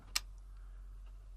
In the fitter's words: Um you'll you'll hear a little click